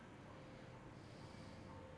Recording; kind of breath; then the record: one breath in and out by a microphone near the nose and mouth; normal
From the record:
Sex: male